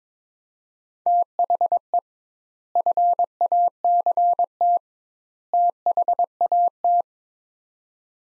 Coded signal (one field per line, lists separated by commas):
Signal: Morse code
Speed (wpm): 22 wpm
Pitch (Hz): 700 Hz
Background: none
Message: THE FACT THAT